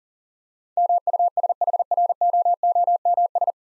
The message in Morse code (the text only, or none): MUSHROOMS